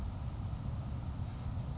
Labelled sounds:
Grasshopper Sparrow (Ammodramus savannarum)
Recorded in Sonoma County, California

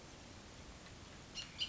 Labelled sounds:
Bullock's Oriole (Icterus bullockii)
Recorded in Sonoma County, California

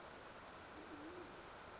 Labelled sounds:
Band-tailed Pigeon (Patagioenas fasciata)
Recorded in Sonoma County, California

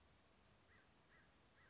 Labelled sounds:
American Crow (Corvus brachyrhynchos)
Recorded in Sonoma County, California

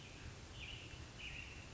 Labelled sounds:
American Robin (Turdus migratorius)
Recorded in Sonoma County, California

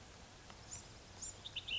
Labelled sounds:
Ash-throated Flycatcher (Myiarchus cinerascens)
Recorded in Sonoma County, California

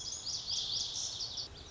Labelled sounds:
Lazuli Bunting (Passerina amoena)
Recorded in Sonoma County, California

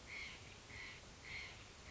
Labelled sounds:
White-breasted Nuthatch (Sitta carolinensis)
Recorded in Sonoma County, California

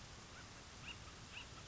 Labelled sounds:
Acorn Woodpecker (Melanerpes formicivorus)
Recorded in Sonoma County, California

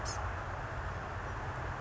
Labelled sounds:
Blue-gray Gnatcatcher (Polioptila caerulea)
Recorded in Sonoma County, California

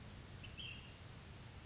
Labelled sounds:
Ash-throated Flycatcher (Myiarchus cinerascens)
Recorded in Sonoma County, California

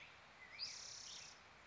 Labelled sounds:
Black-headed Grosbeak (Pheucticus melanocephalus)
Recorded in Sonoma County, California

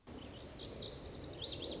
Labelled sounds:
Lazuli Bunting (Passerina amoena)
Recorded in Sonoma County, California

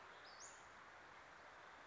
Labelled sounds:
Western Flycatcher (Empidonax difficilis)
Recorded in Sonoma County, California

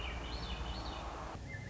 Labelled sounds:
Swainson's Thrush (Catharus ustulatus)
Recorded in Sonoma County, California

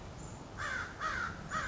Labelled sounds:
American Crow (Corvus brachyrhynchos)
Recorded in Sonoma County, California

